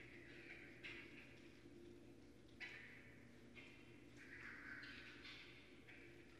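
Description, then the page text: Raccoon squealing in scratchy, drawn-out bursts, one longer wavering cry near the end, against a constant low hum. Northern Raccoon recorded remotely at night on 4 January 2012 with an unattended recorder. "Night Sounds, Pt 6 – Raccoons – Stan Courtney. Raccoon 2012 01 04"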